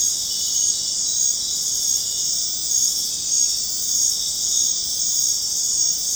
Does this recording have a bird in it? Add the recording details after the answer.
no. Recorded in secondary vegetation near Puerto Asís, Putumayo, Colombia, on 23 June 2025 at 20:00. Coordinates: 0.484, -76.319. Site G074